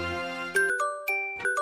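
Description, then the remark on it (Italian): A Radio 24 time signal chime: a short run of about five bright, bell-like notes struck in an uneven melodic pattern, each ringing briefly, following a sustained tone, with no talking. “Il segnale orario vi è offerto da...”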